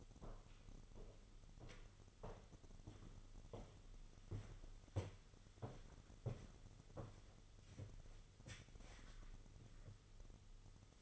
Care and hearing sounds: daily activity, microphone in the room; walk to room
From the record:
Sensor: 4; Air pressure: 988.9 hPa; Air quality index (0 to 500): 172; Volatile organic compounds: 22 ppm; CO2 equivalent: 2755 ppm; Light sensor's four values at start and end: 30/102/38/39 and 30/100/37/39

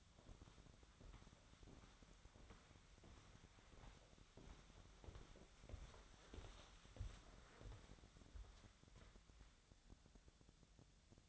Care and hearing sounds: daily activity, microphone in the room; walk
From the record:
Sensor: 3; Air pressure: 1015.3 hPa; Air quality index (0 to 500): 126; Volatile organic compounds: 5 ppm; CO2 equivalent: 1770 ppm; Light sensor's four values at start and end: 15/37/15/16 and 15/39/16/17

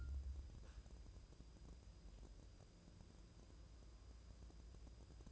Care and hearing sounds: daily activity, microphone in the room; wipe stove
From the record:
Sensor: 2

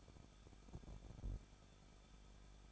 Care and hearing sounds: daily activity, microphone in the room; no activity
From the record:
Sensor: 5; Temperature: 20.8 degrees Celsius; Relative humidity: 38.3%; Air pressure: 1006.6 hPa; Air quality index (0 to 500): 186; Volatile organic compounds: 18 ppm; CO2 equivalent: 2603 ppm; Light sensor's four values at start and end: 2/3/1/1 and 2/3/1/1

